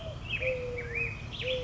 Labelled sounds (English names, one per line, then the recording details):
Mourning Dove
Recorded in Sonoma County, California